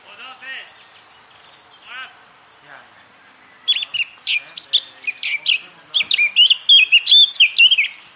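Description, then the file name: Eurasian blackcap song: soft, scratchy notes at first, then from about four seconds a loud, fast warble of sharp clicks and clear whistles building to the end. "Sylvia atricapilla"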